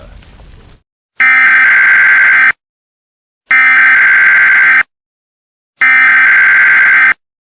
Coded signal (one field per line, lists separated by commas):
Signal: Emergency Alert System (SAME) tones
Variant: header bursts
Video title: |EAS SCENARIO: THE GIANT LOCUSTS|